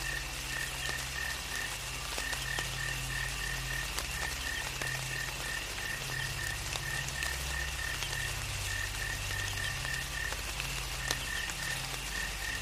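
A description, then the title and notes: Steady rain hisses over a jungle chorus of frogs, one repeating a quick, regular high chirp throughout, with low rumbling and scattered drips. Lush soundscape filled with rain and a gentle jungle chorus.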